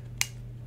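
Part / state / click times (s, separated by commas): pop-up flash into camera body / seated / 0.2 s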